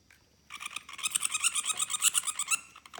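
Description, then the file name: Great fruit-eating bat defence call, a rapid train of harsh, buzzy pulses, then a pause and a final burst. "Artibeus lituratus Defence Call"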